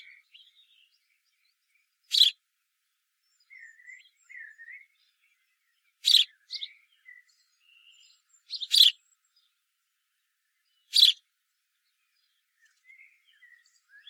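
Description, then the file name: House sparrow with four loud, sharp chirps a few seconds apart, and soft scattered twitters and faint whistles in the quiet gaps. "Passer domesticus"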